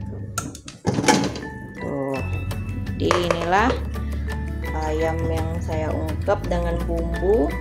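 The metal lid of a pressure cooker is twisted out of its locking lugs on the pot and lifted off, giving a sharp clack at 0.4 s as it unlocks and comes free. Someone talks afterward over background music.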